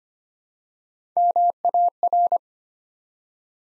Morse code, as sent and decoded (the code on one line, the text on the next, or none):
-- .- .-.
MAR